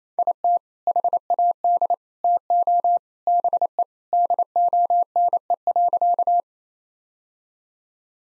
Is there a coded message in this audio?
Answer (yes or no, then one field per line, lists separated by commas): yes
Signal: Morse code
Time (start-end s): 0.2-6.4 s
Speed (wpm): 28 wpm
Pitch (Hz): 700 Hz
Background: none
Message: IT HAD TO BE DONE.